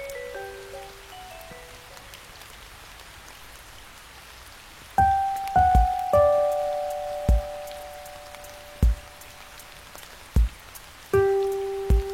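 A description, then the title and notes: Gentle bell-like musical notes ring and slowly fade, sparse at first, then struck more often after five seconds over a soft, steady rain hiss. Music w/ Rain Sounds.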